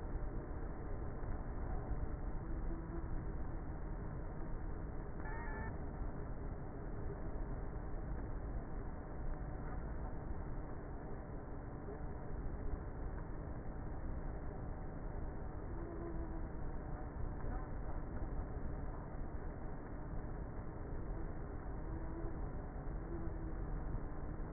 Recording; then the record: honeybee colony, microphone inside the hive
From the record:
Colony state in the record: queenless with a low population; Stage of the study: before two queens were removed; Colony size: about 30,000 bees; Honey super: no